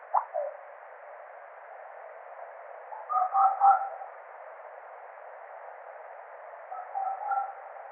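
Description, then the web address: Tawny owl calls: a sharp note at the start, then a cluster of short wavering notes midway and softer notes near the end, over a steady hiss. "strix aluco call"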